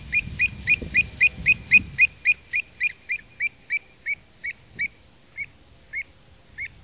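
Pied avocet giving a rapid series of clear, fluty 'kluit' notes, slowing and thinning out toward the end, with a low rumble early on.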